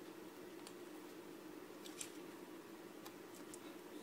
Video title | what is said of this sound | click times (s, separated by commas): Mercedes W204 W212 C E Class Repair Scolling Knob COMAND Console Control Wheel Command | just push it on snaps into place and that's it | 2.0 s